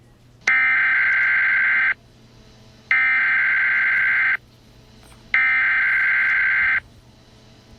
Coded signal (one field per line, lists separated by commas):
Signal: Emergency Alert System (SAME) tones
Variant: header bursts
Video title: A sneak peek into my next EAS video.